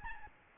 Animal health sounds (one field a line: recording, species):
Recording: mosquito wingbeat signal from an infrared sensor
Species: Aedes albopictus